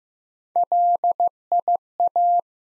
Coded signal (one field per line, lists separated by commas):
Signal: Morse code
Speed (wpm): 15 wpm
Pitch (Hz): 700 Hz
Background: none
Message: LIA